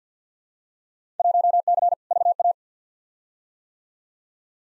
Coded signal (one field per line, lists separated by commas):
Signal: Morse code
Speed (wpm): 50 wpm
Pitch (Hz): 700 Hz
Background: none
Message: 1C VA